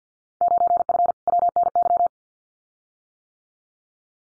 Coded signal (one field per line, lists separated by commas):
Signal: Morse code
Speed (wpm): 52 wpm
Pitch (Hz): 700 Hz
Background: none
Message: 9F WNY